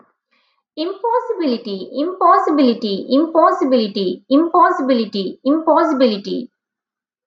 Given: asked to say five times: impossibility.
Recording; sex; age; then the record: repeated word; female; 20 to 29 years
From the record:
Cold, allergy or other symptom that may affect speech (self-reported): no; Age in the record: 28 years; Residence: Texas, United States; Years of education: 20